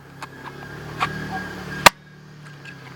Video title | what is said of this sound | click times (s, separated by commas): Glock 27 EDC | you can see we got we're working with the empty gun here but you click that in there and you get | 1.9 s